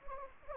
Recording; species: mosquito wingbeat signal from an infrared sensor; Anopheles gambiae